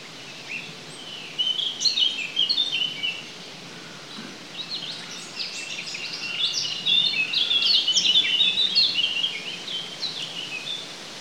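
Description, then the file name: Eurasian blackcap singing two bursts of fast, jumbled high warbling separated by a short pause, against a hissy background. "Sylvia atricapilla"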